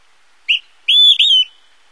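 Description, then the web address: Olive-sided flycatcher whistled song of three notes: a quick short note followed by two longer, ringing whistles run together, the last dropping slightly. North America. "Songs of Birds of North America Stokes. Olive-sided Flycatcher"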